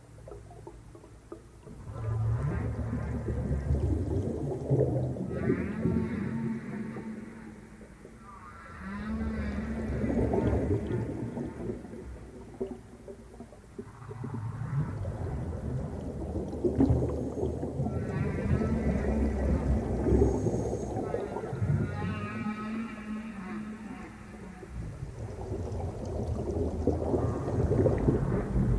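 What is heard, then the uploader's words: Whale calls sound underwater as deep, rumbling moans that swell and fade in long bursts, with quiet gaps near 8, 14 and 25 seconds. Higher creaking, wavering tones ride over the low rumble around 5, 10, and from 17 to 23 seconds. Whales & Dolphins | Natural Sounds.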